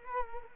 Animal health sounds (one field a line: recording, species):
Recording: mosquito wingbeat signal from an infrared sensor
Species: Culex quinquefasciatus